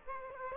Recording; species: mosquito wingbeat signal from an infrared sensor; Aedes aegypti